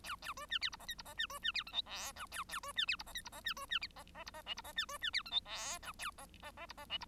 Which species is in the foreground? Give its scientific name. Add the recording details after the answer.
Lonchura striata domestica. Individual Bird1